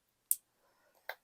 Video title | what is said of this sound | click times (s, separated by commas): Fairy Altered Paper Clip | So these, you stick the single loop in there until it clicks. | 0.3 s